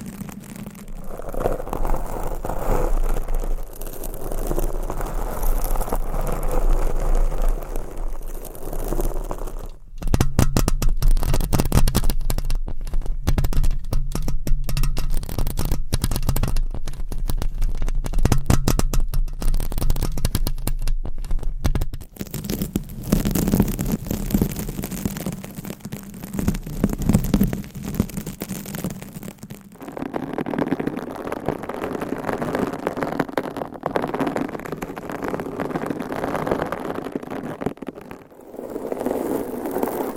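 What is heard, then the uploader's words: Fingernails scratch and rub across mic covers in dense, steady scraping, with a sharper crackling stretch from about 10 to 22 seconds. ASMR with 400 MICS!Different Mic Covers & Nails Mic Scratching , Massage & More No Talking.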